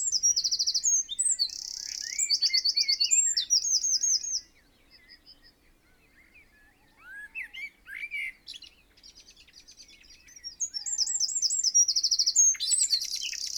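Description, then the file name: Eurasian wren song, bursts of rapid high trills and twitters in two loud phrases, with softer, lower warbling between them. "Troglodytes troglodytes"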